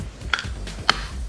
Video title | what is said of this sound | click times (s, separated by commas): 120 240 VAC 30 50 Amp Rubber Cord Construction | and let's see it snaps right in | 0.3 s, 0.9 s